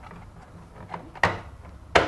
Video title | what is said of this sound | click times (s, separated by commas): Red Sea MAX S Line Assembly Part 4 4 | just clicks into place just remember to hold the wise down at the back while you're doing it | 1.2 s, 2.0 s